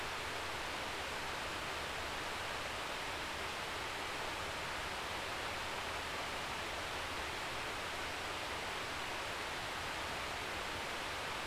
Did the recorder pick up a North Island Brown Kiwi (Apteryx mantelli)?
no